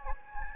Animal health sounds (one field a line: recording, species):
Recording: mosquito wingbeat signal from an infrared sensor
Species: Anopheles gambiae